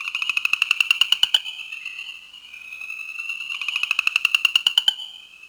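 New Jersey chorus frog giving two rapid clicking pulsed trills separated by a pause, each climbing slightly in pitch.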